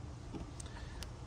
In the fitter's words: When you have that in position, simply press it down. You'll hear positive clicks.